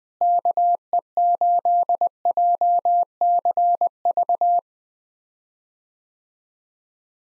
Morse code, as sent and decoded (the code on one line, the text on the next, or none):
-.- . ---.. .--- -.-. ...-
KE8JCV